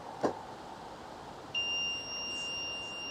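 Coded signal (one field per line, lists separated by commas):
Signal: beep code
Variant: car alarm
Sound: a soft click, then a steady high-pitched beep that continues to the end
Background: quiet background hum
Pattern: 1 continuous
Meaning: A continuous beep on locking means the bonnet is open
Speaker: you're gonna hear continuous beep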